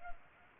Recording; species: mosquito wingbeat signal from an infrared sensor; Culex pipiens